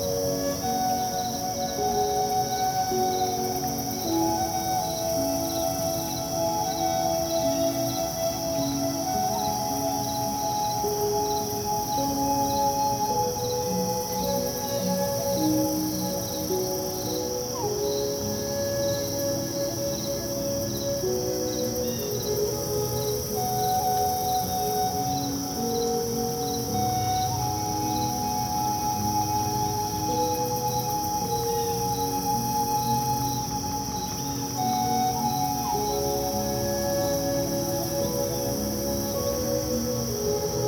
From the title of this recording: Chirping Bugs at the Lake